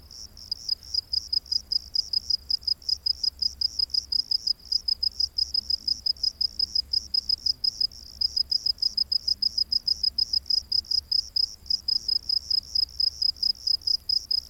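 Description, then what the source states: Cricket chirping steadily, short high-pitched pulses repeated several times a second without pause, with a faint low rumble underneath. Crickets heard during the day.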